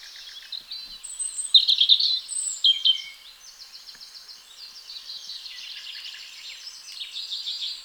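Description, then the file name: European robin song: bright, jumbled warbles and high whistled notes early on, fading into softer, sustained rippling trills. "Erithacus rubecula"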